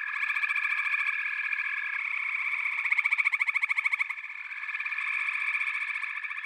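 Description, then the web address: Frog chorus with a steady droning tone and a loud run of rapid pulses in the middle, then a quieter continuous trill. "The Natural Sounds of the Wilderness 10 CDs collection Echoes of Nature - Frog Chorus"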